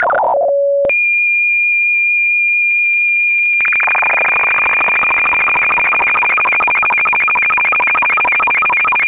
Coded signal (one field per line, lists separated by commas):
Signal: SSTV (slow-scan television)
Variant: Martin 2